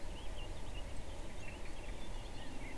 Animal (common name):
Eurasian Blackcap